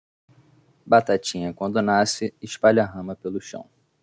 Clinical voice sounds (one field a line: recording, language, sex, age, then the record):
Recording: short text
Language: Brazilian Portuguese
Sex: male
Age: 20 to 29 years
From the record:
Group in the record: control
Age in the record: 24 years